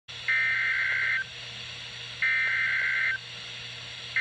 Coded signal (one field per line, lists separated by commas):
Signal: Emergency Alert System (SAME) tones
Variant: header bursts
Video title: PA Required Monthly Test (11/15/18)